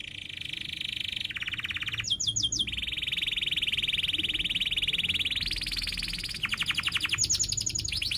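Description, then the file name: Canary song: long sustained high trills broken by short bursts of sharp chips, with a faint low background hum. Canary in strong continuous singing (gacor), with cuit-cuit chirps and a sharp rolling (ngerol tajam) song style. "Suara Kenari Gacor Cuit Cuit Ngerol Tajam"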